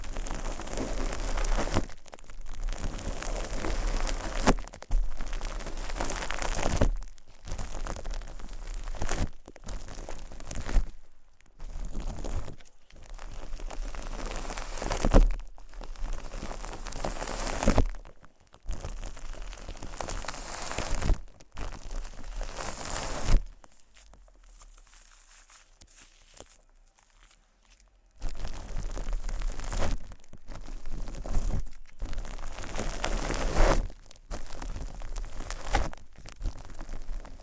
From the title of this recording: Playing With Shaving Cream (Plastic Wrap, Brushing, Massage, Crinkles)